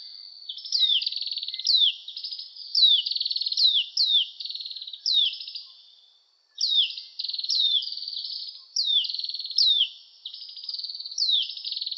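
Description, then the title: Oriental magpie-robin delivering rapid repeated phrases of sharp descending whistles and buzzy trills, nearly continuous apart from one pause midway. "Kicau Kacer"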